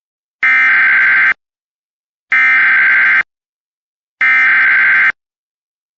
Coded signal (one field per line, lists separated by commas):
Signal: Emergency Alert System (SAME) tones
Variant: header bursts